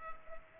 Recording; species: mosquito wingbeat signal from an infrared sensor; Culex pipiens